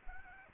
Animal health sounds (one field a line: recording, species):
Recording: mosquito wingbeat signal from an infrared sensor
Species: Aedes aegypti